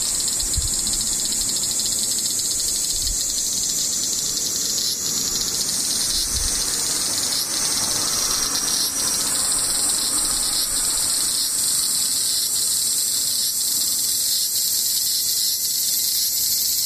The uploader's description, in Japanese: セミ